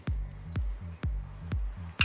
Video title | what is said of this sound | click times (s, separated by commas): Real-Time Install: How to install the ToughAir 310 or 510 CPU Coolers | they are on nice and secure you can hear the clicks so that is going | 2.0 s